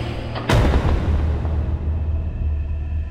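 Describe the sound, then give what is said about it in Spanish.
Scrooge's door slams shut with one heavy, booming bang that resounds through the whole house like thunder, followed by a low rumble that lingers and slowly fades. No voices are heard. “Resonó el portazo en toda la casa como un trueno, encima todas las habitaciones y debajo todas las cubas en el sótano del vinatero parecieron poseer estrépito de ecos independientes de la puerta de Scrooge”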